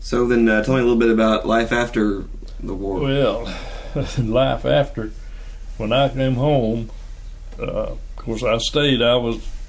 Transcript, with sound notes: So then tell me a little bit about life after the war.
Well, [Chuckling] life after, when I came home…of course I stayed, I was,